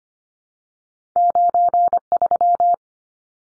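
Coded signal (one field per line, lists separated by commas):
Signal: Morse code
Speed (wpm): 25 wpm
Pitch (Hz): 700 Hz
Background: none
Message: 93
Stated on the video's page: Two-digit numbers at 25wpm for head-copy practice, each sent in Morse, then spoken, then sent again.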